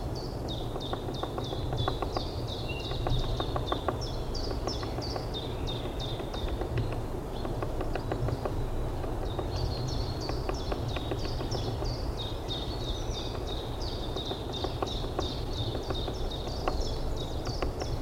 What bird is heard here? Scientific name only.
Dendrocopos minor